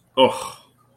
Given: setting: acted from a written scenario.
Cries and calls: vocal sound without words; contempt

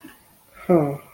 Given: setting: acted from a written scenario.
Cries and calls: vocal sound without words; shame

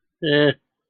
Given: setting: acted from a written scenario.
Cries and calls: vocal sound without words; neutral

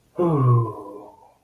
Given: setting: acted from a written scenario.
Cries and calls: vocal sound without words; ecstasy

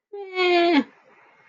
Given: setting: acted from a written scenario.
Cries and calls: vocal sound without words; neutral

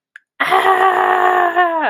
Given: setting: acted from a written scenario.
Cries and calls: vocal sound without words; anger

